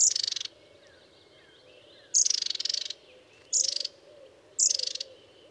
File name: Orite longicaude